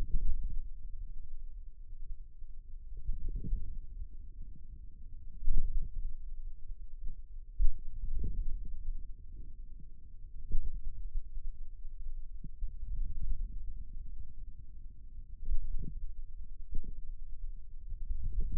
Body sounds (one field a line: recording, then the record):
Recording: forearm muscle sounds (acoustic myography)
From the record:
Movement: ulnar deviation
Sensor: system 2, bracelet of six BSWA MPA416 microphones around the upper forearm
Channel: 4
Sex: male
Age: 22 years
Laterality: right